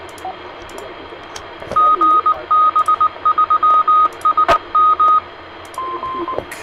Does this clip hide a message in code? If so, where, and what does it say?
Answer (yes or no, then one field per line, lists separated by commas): yes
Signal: Morse code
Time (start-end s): 1.8-5.2 s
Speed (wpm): 19 wpm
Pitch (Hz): 1250 Hz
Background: radio noise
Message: GB3SM